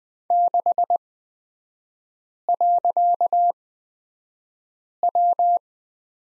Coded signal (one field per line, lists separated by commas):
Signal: Morse code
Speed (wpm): 20 wpm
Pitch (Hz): 700 Hz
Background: none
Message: 6.W